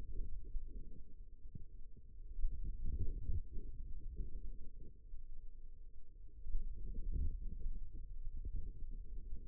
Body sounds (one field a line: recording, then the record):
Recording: forearm muscle sounds (acoustic myography)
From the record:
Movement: radial deviation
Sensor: system 2, bracelet of six BSWA MPA416 microphones around the upper forearm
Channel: 4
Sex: female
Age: 22 years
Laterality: right